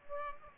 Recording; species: mosquito wingbeat signal from an infrared sensor; Aedes aegypti